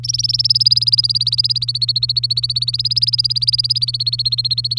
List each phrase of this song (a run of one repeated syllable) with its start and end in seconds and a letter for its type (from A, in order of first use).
0.03-4.79 A